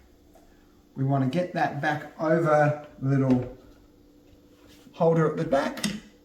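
A plastic juicer lid is being handled onto the hopper and body of a Kuvings AUTO10 cold press juicer, with its back hooked over the small holder at the rear. Someone talks in bursts over a quiet, steady hum. The clip ends before the lid is pressed down, so nothing has seated or clicked yet.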